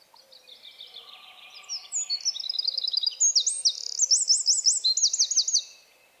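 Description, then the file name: Eurasian wren singing: a long energetic outpouring of very high trills and rattles that starts softly, builds to loud rapid strokes, then stops abruptly. "Troglodytes troglodytes"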